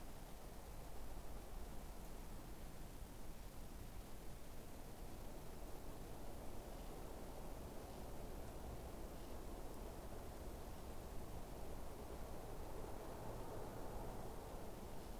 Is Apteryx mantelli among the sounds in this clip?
no